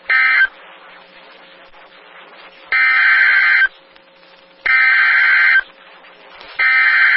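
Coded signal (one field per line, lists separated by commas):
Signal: Emergency Alert System (SAME) tones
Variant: header bursts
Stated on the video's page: NOAA Weather Radio EAS alerts for a Wisconsin severe storm outbreak, from stations in Minneapolis, Milwaukee and Ladysmith.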